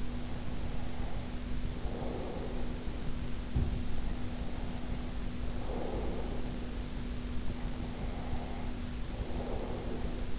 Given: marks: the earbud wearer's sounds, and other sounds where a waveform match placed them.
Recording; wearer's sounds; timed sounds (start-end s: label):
sounds in sleep by an in-ear microphone; breath
0.00-3.24 s: breath
4.27-6.95 s: breath
7.52-10.39 s: breath